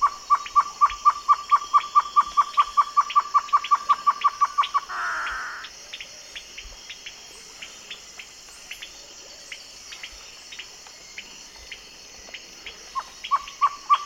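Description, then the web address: Great antshrike: a quick series of hollow hoots ending in a harsh snarl, then scattered clicking notes, and another fast hooting series starting at the end. South America, eastern lowlands. "Natures Songs S America Eastern Lowlands. Great Antshrike"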